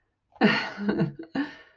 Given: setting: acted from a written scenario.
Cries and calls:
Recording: vocal sound without words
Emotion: romantic love

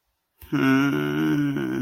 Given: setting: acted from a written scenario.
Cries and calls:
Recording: vocal sound without words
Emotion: romantic love

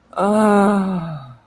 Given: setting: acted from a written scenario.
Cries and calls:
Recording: vocal sound without words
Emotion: ecstasy

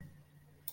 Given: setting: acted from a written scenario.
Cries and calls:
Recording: vocal sound without words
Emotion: negative surprise

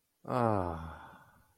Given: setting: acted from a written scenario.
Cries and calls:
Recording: vocal sound without words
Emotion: romantic love

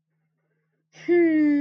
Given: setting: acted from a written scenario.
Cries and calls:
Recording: vocal sound without words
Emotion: ecstasy

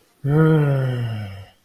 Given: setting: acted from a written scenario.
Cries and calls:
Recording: vocal sound without words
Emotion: guilt

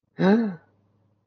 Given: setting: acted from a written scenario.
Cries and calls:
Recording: vocal sound without words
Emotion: realization

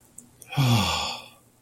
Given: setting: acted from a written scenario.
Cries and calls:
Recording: vocal sound without words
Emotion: serenity

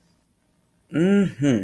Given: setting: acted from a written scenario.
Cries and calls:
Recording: vocal sound without words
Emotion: serenity

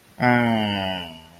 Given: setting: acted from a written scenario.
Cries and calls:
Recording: vocal sound without words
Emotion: contempt

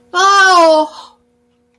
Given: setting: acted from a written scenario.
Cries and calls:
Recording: vocal sound without words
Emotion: pain

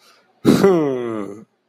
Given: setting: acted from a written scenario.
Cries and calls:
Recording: vocal sound without words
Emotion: pride

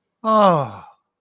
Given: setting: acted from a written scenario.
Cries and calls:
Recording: vocal sound without words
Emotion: awe

